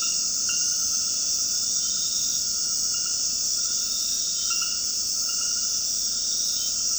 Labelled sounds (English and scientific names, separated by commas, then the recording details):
none
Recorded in dense forest near Puerto Asís, Putumayo, Colombia, on 21 February 2024 at 23:00
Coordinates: 0.481, -76.318
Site G6421